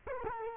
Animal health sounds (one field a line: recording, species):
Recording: mosquito wingbeat signal from an infrared sensor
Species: Culex quinquefasciatus